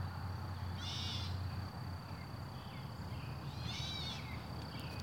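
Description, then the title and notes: Gray catbird giving two harsh, scratchy bursts about three seconds apart, set against a steady high whine and low rumbling background noise. "Gray Catbird by Christie Mullen"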